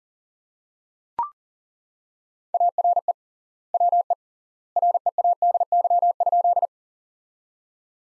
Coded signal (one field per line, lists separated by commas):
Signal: Morse code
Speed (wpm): 40 wpm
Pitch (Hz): 700 Hz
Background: none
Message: ARE WE READY?